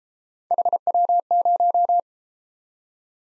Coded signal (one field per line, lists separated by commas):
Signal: Morse code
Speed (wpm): 31 wpm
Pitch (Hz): 700 Hz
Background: none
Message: HW0